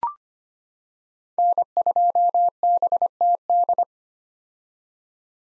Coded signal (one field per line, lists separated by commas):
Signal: Morse code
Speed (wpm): 25 wpm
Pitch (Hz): 700 Hz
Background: none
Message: N2BTD